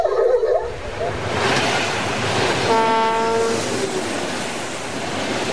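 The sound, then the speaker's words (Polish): A railway animal-deterrent device of Polish Railway Lines in Poland plays its sequence of sounds meant to keep animals off the tracks before a train arrives: a harsh rushing noise gives way to a steady, buzzy, horn-like warning tone that holds for about a second, with hissing noise throughout and no talking. “To jest cała sekwencja różnych głosów, które mają za zadanie ochronić zwierzęta przed wtargnięciem na tory kolejowe, zanim nadjedzie pociąg, no, który mógłby zrobić im krzywdę.”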